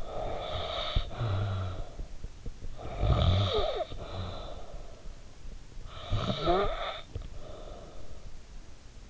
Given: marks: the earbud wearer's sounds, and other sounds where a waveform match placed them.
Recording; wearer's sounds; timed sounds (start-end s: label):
sounds in sleep by an in-ear microphone; breath, snoring breath
0.00-2.30 s: breath
2.66-5.20 s: snoring breath
5.75-8.51 s: snoring breath